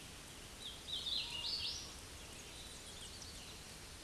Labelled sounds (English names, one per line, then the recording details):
Hooded Warbler song
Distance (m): 30 m
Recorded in a Pennsylvania forest on 18 May 2023 at 08:03
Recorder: AudioMoth, point grid1_29_low
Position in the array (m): 54 m, 116 m